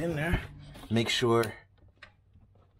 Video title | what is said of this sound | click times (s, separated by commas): check engine light issue fixed!!!!! - MK6 GTI VW | there you go. Heard the click a little bit. | 2.0 s